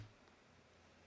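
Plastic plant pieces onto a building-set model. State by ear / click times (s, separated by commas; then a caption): not seated / none. Small plastic plant pieces, branches or grass, are handled over a LEGO Lord of the Rings "The Shire" building-set model (set 10354) as they are about to be placed on it. Only a quiet, steady low background hum with faint handling noise is heard. Nothing has seated or clicked yet.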